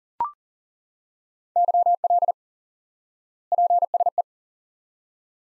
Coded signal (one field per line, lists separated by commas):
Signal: Morse code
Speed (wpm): 40 wpm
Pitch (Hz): 700 Hz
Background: none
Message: YL PSE